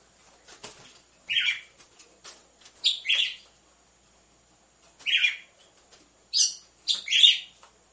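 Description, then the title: Red-cowled cardinal song: short bright chirped notes given irregularly in small pairs and singles, with faint clicks in between. Female song, used to warm up or stimulate males; set with the beat of two males. "Canto Galo Campina Fêmea 01. ESQUENTE GALO DE CAMPINA COM BATIDA DE DOIS MACHOS"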